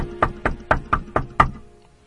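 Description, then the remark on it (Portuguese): Six quick, evenly spaced knocks on the wooden door of a shack in a steady rhythm, each a hollow thud, the last one a little harder, then the sound dies away. No one speaks. “E ela orou 1 hora e meia até que bateram a porta do seu barraco.”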